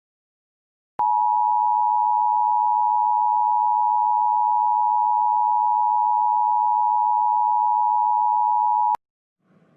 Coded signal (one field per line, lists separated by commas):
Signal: Emergency Alert System (SAME) tones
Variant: 853 and 960 Hz attention tone